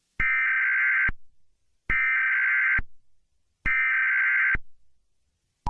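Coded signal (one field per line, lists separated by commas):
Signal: Emergency Alert System (SAME) tones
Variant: header bursts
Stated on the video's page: Fictional EAS scenario about a wildfire, a simulated alert.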